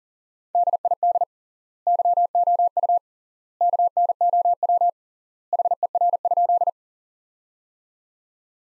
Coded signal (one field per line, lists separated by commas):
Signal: Morse code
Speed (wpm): 40 wpm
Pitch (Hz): 700 Hz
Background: none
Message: DID YOU KNOW HER?